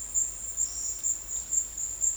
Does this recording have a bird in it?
no